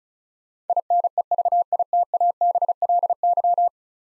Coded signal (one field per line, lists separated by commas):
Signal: Morse code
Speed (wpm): 34 wpm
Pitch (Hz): 700 Hz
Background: none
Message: INEVITABLY